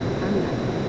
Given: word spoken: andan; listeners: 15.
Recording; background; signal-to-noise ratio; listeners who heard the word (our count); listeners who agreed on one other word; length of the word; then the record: one Spanish word in noise, from a listening test; speech-shaped noise; -4.9 dB; 3 of 15; 8 of 15; 0.49 s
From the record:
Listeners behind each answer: 8, 3, 1, 1, 1, 1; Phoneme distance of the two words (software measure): 7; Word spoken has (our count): 2 syllables, 5 phonemes, stress on syllable 1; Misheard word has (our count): 2 syllables, 4 phonemes, stress on syllable 1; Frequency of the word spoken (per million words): 9.95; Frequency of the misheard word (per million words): 33.27